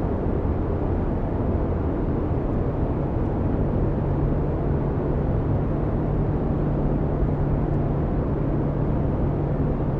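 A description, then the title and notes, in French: Inside an airplane cabin, a steady, dense roar fills the space, weighted toward the low end with a softer hiss above. A faint low hum holds a constant pitch from about four seconds on, and the level never changes. Ambiance de Cabine d’Avion. Nous sommes maintenant à 40,000 pieds. Le doux ronronnement des moteurs de l'avion.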